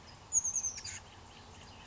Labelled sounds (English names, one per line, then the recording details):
Oak Titmouse
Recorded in Sonoma County, California